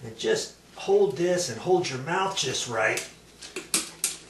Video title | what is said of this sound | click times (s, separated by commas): Connecting the wiring to a cutin eyeball can light fixture...Part 2 | and wiggle it in there and it snaps into place just like that | 3.7 s, 4.0 s